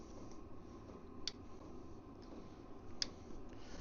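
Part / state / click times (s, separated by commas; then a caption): wiring connector into ignition coil / seated / 1.3 s, 3.0 s. Plastic electrical wiring connectors are plugged onto the ignition coils of a bike engine, and each one clicks in. Two short, sharp clicks sound at 1.3 s and 3.0 s over a steady low background hum, and both connectors are seated.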